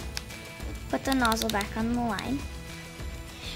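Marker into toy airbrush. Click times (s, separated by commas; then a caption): 0.2 s. A plastic marker is pushed back into the holder of a Barbie toy airbrush and seats with a sharp, short click at 0.2 s. Someone talks over background music.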